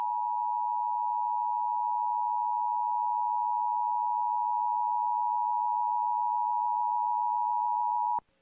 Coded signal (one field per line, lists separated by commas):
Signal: Emergency Alert System (SAME) tones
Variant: 853 and 960 Hz attention tone